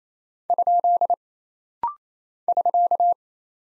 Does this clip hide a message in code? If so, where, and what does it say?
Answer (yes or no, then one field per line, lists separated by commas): yes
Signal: Morse code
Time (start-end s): 0.5-3.1 s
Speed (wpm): 28 wpm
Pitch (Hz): 700 Hz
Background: none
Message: ? <SK>